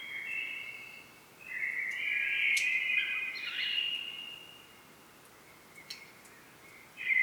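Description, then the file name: Common blackbird: a softer phrase, then a loud rich warbled phrase with higher notes in the middle, quiet hiss and a short note at the end. "Turdus merula"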